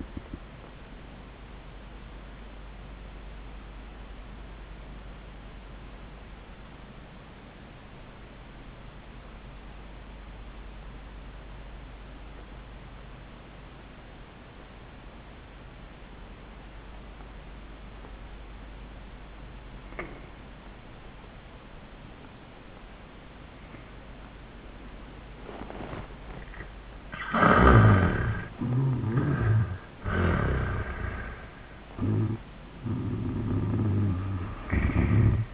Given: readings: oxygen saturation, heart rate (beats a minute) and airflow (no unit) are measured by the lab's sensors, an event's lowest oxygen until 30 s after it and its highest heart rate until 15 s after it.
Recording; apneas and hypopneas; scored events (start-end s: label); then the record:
breathing in sleep by a voice recorder at the bedside; 1
4.00-27.20 s: obstructive apnea (N1, oxygen 98% highest, then 77% lowest, heart rate 71 at the start, 91 highest)
From the record:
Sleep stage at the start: N1 (lightest sleep); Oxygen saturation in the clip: 79 to 98%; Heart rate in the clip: 69 to 89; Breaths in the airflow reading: 3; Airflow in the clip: -18.7 to 11.5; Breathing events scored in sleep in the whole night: 400 in 8.7 hours asleep